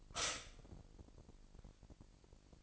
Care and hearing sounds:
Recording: daily activity, microphone in the room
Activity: stop toaster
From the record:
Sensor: 5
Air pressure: 1007.3 hPa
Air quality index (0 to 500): 131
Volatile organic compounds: 2 ppm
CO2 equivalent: 993 ppm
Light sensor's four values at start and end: 26/59/24/24 and 26/59/24/24

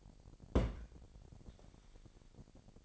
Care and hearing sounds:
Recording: daily activity, microphone in the room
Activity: place on stove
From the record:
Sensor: 5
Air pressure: 1012.2 hPa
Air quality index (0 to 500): 238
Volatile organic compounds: 4 ppm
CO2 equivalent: 1578 ppm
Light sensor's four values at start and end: 44/99/42/45 and 45/103/43/45

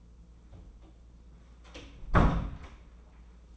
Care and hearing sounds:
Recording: daily activity, microphone in the room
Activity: close door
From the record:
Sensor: 1

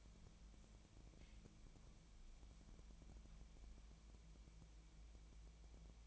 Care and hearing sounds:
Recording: daily activity, microphone in the room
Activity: wipe stove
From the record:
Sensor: 1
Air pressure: 1000.5 hPa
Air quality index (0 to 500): 182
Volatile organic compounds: 4 ppm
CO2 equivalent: 1678 ppm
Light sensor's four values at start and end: 14/34/14/16 and 14/33/14/16

